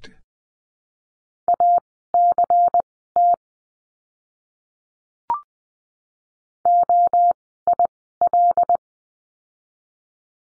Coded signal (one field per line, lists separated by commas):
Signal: Morse code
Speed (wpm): 20 wpm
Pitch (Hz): 700 Hz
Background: none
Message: ACT OIL